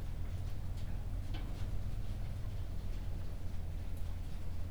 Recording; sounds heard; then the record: poultry house recording; no chicken sound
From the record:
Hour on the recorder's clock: 22